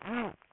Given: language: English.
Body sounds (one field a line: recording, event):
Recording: throat vibration sensor signal played as sound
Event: throat clearing